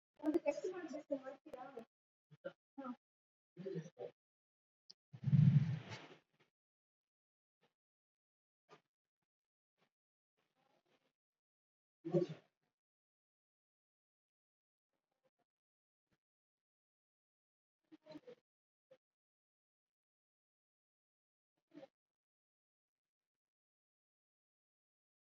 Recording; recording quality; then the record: deep breathing; poor, much background noise or distortion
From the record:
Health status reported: COVID-19 positive, moderate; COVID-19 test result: positive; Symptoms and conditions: cough, breathing difficulty, fever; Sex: male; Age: 42 years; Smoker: not ticked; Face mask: not worn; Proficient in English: yes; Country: India